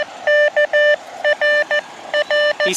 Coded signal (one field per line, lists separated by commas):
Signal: Morse code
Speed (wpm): 15 wpm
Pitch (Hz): 590 Hz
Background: none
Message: KRR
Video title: Rest Area QSO | KX2 Antenna Into Tree | Stealth Public QRP